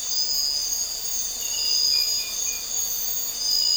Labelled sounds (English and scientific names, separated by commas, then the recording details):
none
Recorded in dense forest near Puerto Asís, Putumayo, Colombia, on 4 March 2025 at 04:30
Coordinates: 0.467, -76.328
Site G041